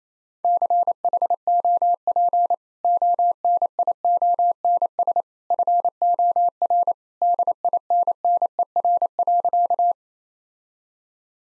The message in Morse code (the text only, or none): CHOP ONIONS FOR DINNER.